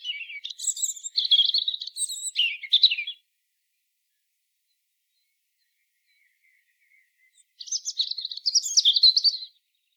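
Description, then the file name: European robin song: two separate high, tinkling phrases of varied trills and thin whistled notes, with a pause of about four seconds between them. "Erithacus rubecula"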